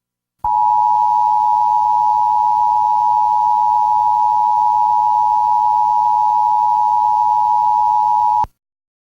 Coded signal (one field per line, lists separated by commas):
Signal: Emergency Alert System (SAME) tones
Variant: 853 and 960 Hz attention tone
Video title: EAS #89 - Tornado Warning